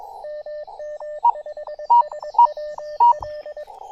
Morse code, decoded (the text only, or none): MM5SWL